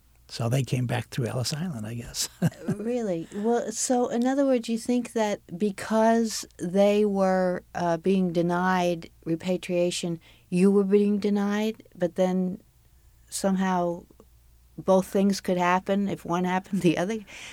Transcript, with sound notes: So they came back through Ellis Island , I guess [laughs].
Really? So in other words, do you think that because they were being denied repatriation, you were being denied, but then somehow both things could happen? If one happened, the other